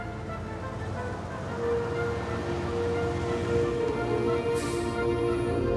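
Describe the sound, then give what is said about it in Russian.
A truck on a city highway rumbles steadily with a low, droning engine hum and a faint whining tone, growing slightly louder partway through and holding at a constant level. “Появляется грузовик.”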